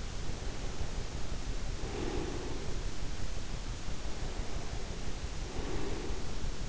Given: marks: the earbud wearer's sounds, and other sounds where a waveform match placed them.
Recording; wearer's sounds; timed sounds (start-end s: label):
sounds in sleep by an in-ear microphone; breath
0.00-2.82 s: breath
3.77-6.51 s: breath